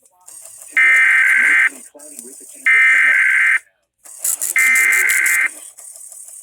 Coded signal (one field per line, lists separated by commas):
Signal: Emergency Alert System (SAME) tones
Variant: header bursts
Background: speech